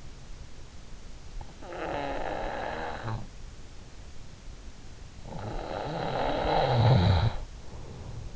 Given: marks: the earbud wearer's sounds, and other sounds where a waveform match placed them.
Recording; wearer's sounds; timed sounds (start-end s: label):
sounds in sleep by an in-ear microphone; snoring breath
0.93-3.85 s: snoring breath
4.82-8.36 s: snoring breath